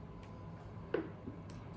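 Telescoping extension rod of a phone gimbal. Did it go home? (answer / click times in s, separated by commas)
yes / 0.9 s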